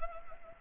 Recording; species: mosquito wingbeat signal from an infrared sensor; Anopheles arabiensis